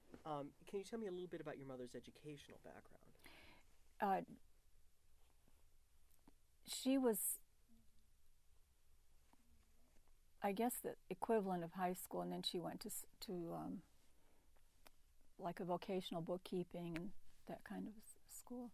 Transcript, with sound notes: Can you tell me a little bit about your mother's educational background?
She was [pause] I guess the equivalent of high school, and then she went to like a vocational, bookkeeping, and that kind of school.